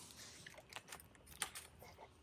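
A torque wrench tightens one of the two 10 mm bolts holding a powder-coated carbon steel coolant line skid plate to the underbody of a Tesla Model 3/Y, where the plate sits over the stock fender liner. Faint ticks and handling noises come at about 0.5, 0.8, 0.9 and 1.0 s. A short, sharp click at 1.4 s marks the bolt reaching its set torque.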